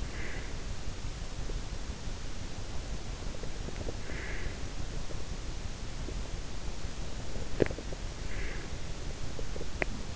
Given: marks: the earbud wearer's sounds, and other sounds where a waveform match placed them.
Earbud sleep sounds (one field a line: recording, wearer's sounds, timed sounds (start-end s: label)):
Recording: sounds in sleep by an in-ear microphone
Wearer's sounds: breath, teeth grinding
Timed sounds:
0.00-0.69 s: breath
3.96-4.74 s: breath
7.41-7.83 s: teeth grinding
8.25-8.77 s: breath
9.65-10.16 s: teeth grinding